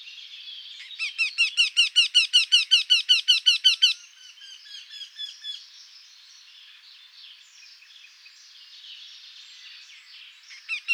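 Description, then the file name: Eurasian wryneck giving a fast run of many loud, nasal, squeaky notes over about three seconds, followed by quieter sounds. Recorded at Marcilly on 7 June 2013 at 06:00. "Torcol 20130607 0600 Marcilly"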